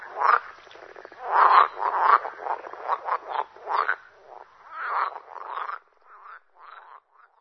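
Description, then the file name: Water frog croaks in a dense run of rattling, nasal bursts, slowing and thinning toward the end. "groene kikker"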